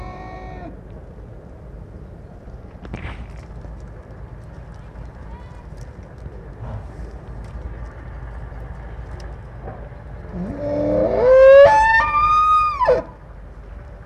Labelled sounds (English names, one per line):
Wapiti rut call